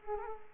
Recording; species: mosquito wingbeat signal from an infrared sensor; Culex quinquefasciatus